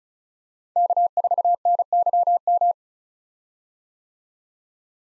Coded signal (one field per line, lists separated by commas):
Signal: Morse code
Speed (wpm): 34 wpm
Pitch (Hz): 700 Hz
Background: none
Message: K4NYM